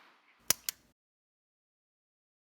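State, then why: Seated. A small plastic keycap from an Apple MacBook / MacBook Pro keyboard is lined up over the installed hinge clip and pushed down until it snaps into place. Two sharp clicks are heard at 0.5 s and 0.7 s, and the keycap is seated.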